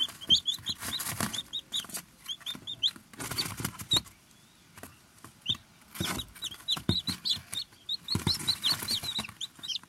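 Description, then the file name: Small birds chirping in a busy chorus of short, high twittering notes, with bursts of sharp clicking and rustling noise throughout. Several small birds. "Little Birds"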